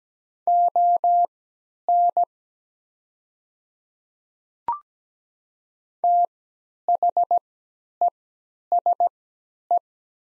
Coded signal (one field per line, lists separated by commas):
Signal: Morse code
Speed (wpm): 17 wpm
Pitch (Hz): 700 Hz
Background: none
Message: ON THESE